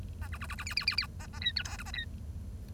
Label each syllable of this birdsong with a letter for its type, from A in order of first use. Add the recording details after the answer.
A B B B B C C C C A A D E F G A D. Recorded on 1 October 2012 at 10:33. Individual or60yw70